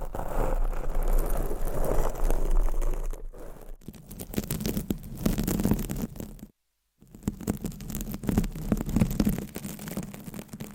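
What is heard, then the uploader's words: Close, dense scratching of nails against a microphone cover fills the recording, crackly and full of rapid scraping strokes. The first three seconds are louder and rougher, then the texture turns thinner and brighter. A brief dead silence cuts in around six and a half seconds before the scratching resumes. Mic Scratching Brain Scratching with DIFFERENT MICS Covers & Nails. No Talking.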